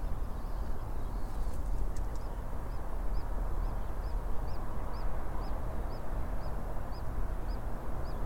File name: 220509 0057 Rye Harbour river mouth Oystercatchers